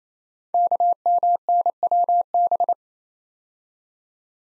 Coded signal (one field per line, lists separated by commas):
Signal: Morse code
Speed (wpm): 27 wpm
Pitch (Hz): 700 Hz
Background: none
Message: KMNWB